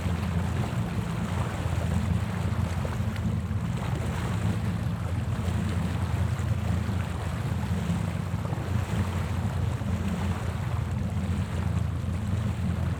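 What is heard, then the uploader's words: A boat's engine rumbles low and steady throughout, with a constant wash of water and wind hissing over the top, unchanging. Rumbing Boat Ride.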